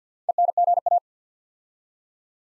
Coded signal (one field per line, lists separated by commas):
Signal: Morse code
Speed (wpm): 50 wpm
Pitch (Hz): 700 Hz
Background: none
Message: ENGA